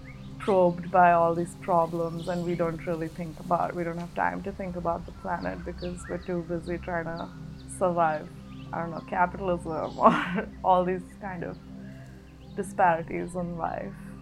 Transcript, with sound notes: probed by all these problems and we don’t really think about…we don’t have time to think about the planet because we’re too busy trying to survive, I don’t know, capitalism, (laughs) all these disparities in life.